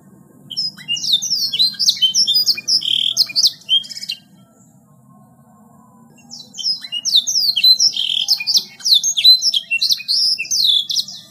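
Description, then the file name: Bird song in two dense bursts of rapid, high, twittering and sweeping notes separated by a few seconds of quiet, over a faint low hum. "omkicau"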